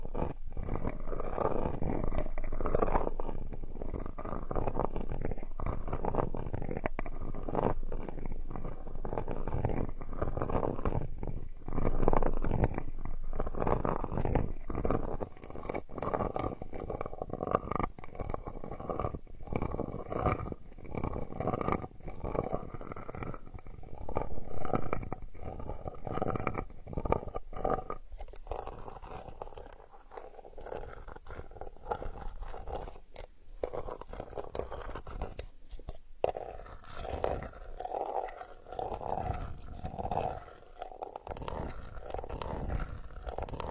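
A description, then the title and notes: Muffled scraping and rubbing, dense and low-pitched for the first half, then sparser soft strokes and pauses after about 28 seconds. Dismantling dragon beard sugar ear picking SPA.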